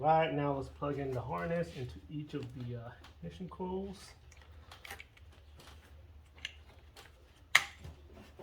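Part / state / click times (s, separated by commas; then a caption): engine wiring harness connector onto ignition coil / seated / 7.6 s. Someone talks, then the engine wiring harness plug is pushed onto an ignition coil on a 2010 Audi Q5 3.2L V6 FSI Quattro, with a few faint handling taps along the way. A sharp click at 7.6 s marks the connector seating on the coil.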